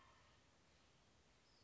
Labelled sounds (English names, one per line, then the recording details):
Western Flycatcher
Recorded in Sonoma County, California